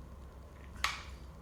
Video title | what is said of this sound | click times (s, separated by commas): First Strike FSC bypass with modified air chamber. Freak 684 barrel. | There you go, that's better. Heard the bolt click that tight. | 0.8 s